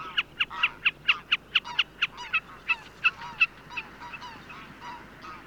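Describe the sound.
Common snipe giving a rhythmic series of sharp, clipped notes, fading toward the end.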